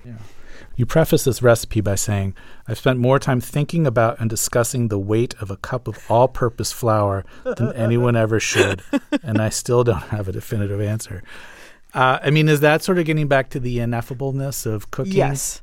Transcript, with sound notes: You preface this recipe by saying, I've spent more time thinking about and discussing the weight of a cup of all-purpose flour than anyone ever should...
(Laughter).
...And I still don't have a definitive answer. I mean, is that sort of getting back to the ineffableness of cooking?